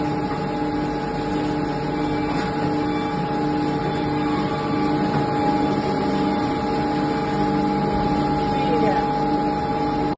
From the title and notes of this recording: A carton press machine , also known as a baler, is a device used to compress and bind waste materials such as cardboard, plastic, and paper into a compact and manageable form. The machine operates by using a hydraulic system that compresses the waste material into a tight bundle.